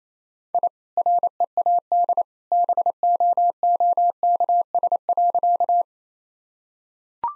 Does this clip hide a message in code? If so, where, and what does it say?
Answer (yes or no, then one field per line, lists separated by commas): yes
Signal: Morse code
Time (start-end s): 0.5-5.8 s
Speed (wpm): 28 wpm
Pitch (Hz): 700 Hz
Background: none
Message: I READ BOOKS.